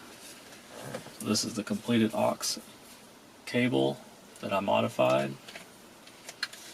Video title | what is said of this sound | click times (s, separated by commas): Installing a Kenwood Head Unit into an 04-08 F150! | just snaps right into this piece here and | 6.4 s